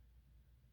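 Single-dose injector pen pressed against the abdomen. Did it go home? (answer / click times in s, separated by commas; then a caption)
no / none. A single-dose auto-injector pen, which gives two clicks, is held against a fatty area of the belly as it is handled before its button is pushed in. Only a low, steady rumble is heard, with a brief broadband burst at 0.8 s right at the end. Nothing has clicked or seated yet.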